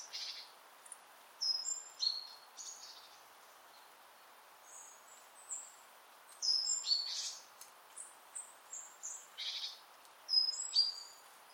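Great tit calls: short high whistled notes, some slurred downward, mixed with rough buzzy bursts, given in irregular clusters throughout against a faint steady hiss.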